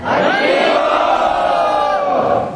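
A large crowd shouts the chant "Hari Bol" together, loud and sustained for a couple of seconds, many voices blending into one roaring, drawn-out cry before fading slightly at the end.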